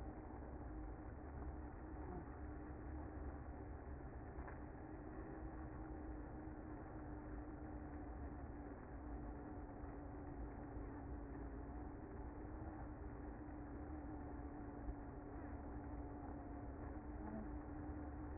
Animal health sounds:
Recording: honeybee colony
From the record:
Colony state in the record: active

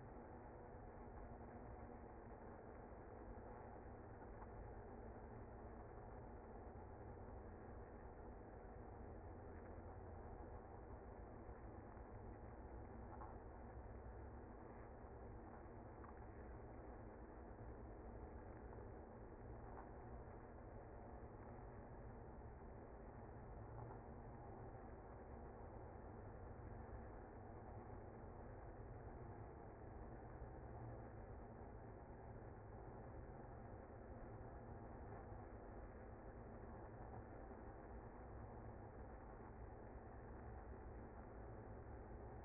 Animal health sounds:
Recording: honeybee colony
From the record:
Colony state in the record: active

